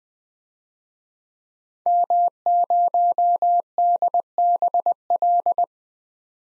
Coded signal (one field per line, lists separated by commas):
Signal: Morse code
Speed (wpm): 20 wpm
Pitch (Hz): 700 Hz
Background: none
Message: M0DBL